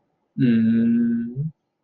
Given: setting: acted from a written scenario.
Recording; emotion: vocal sound without words; contentment